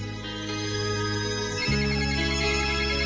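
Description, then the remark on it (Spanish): A telephone ringtone plays steadily with no one talking, a sustained electronic melody that shifts to a new pitch about halfway through and keeps ringing unanswered. “A ver si coge el teléfono esta desgraciada.”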